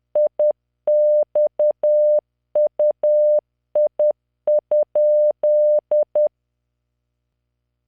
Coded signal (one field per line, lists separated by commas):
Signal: Morse code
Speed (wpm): 10 wpm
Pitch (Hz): 600 Hz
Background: none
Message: IXUI?